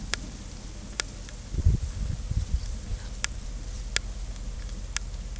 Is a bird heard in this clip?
no